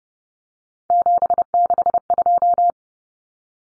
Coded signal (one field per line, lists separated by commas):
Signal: Morse code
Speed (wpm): 30 wpm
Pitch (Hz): 700 Hz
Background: none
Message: 762